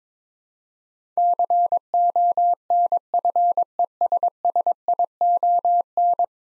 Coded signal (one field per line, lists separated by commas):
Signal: Morse code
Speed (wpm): 22 wpm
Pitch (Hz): 700 Hz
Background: none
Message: CONFESSION